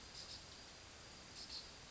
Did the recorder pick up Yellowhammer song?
no